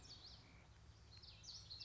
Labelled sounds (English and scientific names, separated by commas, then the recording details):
Common Yellowthroat (Geothlypis trichas)
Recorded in Sonoma County, California